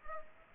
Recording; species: mosquito wingbeat signal from an infrared sensor; Culex pipiens